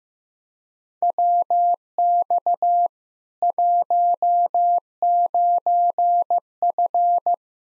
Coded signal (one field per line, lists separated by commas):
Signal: Morse code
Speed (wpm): 15 wpm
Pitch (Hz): 700 Hz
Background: none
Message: WX 19F